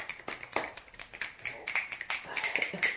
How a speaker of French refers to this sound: Bah, bon, allez, on les applaudit. Allez, on les applaudit. Just clap.